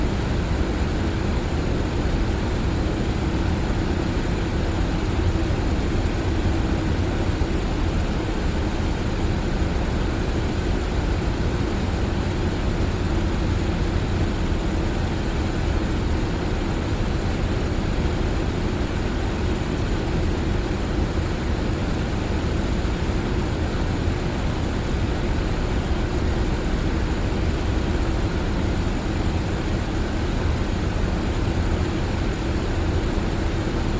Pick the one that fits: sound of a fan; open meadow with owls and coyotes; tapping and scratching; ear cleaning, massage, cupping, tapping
sound of a fan